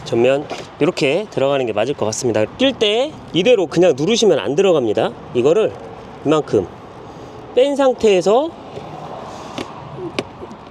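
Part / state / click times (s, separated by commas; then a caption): mudguard front clip into car body / seated / 10.2 s. Someone talks while fitting a mudguard accessory to a Model YL, pressing the front of the mudguard into its mounting on the car body. After a quieter stretch, a small sound comes at 9.6 s, then a sharp click at 10.2 s as the plastic clip engages and the mudguard seats.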